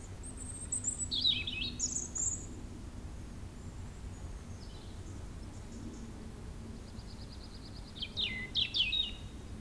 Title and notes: Près de la Chapelle de Brison-Saint-Innocent la RD 991 étant coupée à la circulation le calme est revenu sur les bords du lac du Bourget. Chant de rouge-gorge au soleil couchant.